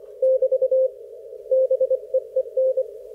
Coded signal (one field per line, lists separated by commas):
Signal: Morse code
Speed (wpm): 25 wpm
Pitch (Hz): 530 Hz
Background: none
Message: <BT> BEEN